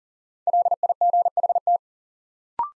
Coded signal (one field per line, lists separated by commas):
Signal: Morse code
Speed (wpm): 37 wpm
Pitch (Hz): 700 Hz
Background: none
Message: LIGHT